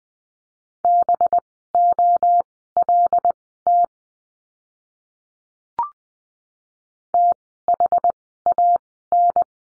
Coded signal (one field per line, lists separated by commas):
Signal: Morse code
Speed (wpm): 20 wpm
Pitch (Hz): 700 Hz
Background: none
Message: BOLT THAN